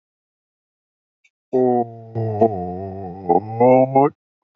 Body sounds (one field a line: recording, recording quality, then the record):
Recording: sustained vowel as in boot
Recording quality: moderate, slight background noise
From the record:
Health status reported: healthy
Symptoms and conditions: none ticked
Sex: male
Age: 32 years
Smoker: not ticked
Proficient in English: yes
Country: India